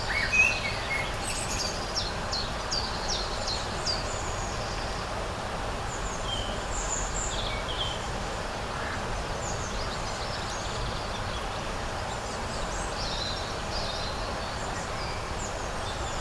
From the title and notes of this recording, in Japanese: 庭の夏の日。ほとんど風のない夏の日の魔法を体験してください。鳥たちが甘いメロディを歌い。